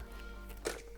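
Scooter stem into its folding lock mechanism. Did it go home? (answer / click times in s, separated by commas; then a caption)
yes / 0.7 s. The folded metal stem of a Dualtron Mini electric scooter is pulled upright and pushed into its folding lock latch over a steady low background hum. A single sharp click sounds at 0.7 s as the latch locks the stem in place.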